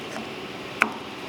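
A second split ring is worked onto the transmission housing of an AMPW Transmission Rotary Brush assembly. Against a quiet background, one sharp click sounds at 0.8 s as the ring snaps into place, and it is seated and locked.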